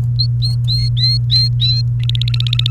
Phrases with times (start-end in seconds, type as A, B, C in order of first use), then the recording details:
0.19-1.81 A, 2.00-2.71 B. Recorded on 29 April 2018 at 11:45. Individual llb3